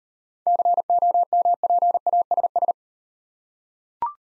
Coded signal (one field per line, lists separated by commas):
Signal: Morse code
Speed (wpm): 37 wpm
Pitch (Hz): 700 Hz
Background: none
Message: COMPASS